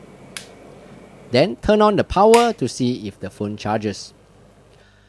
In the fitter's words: simply make sure you have removed the casing for the phone and then plug in the charger fully until you hear a click sound.